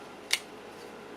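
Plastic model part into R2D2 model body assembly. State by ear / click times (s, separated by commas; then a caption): not seated / none. A plastic part of a DeAgostini R2D2 model is pushed into its mating part on the R2D2 body assembly, producing a single short, sharp tap at about 0.3 s over faint background hiss. The part has not clicked into place; two black screws will hold it instead.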